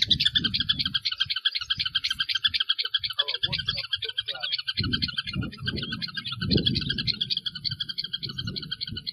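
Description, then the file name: Anarilho-do-campo singing a sustained, hurried, jingling warble of high chirps and trills throughout, accompanied by irregular low thudding noise. "Canto do anarilho do campo"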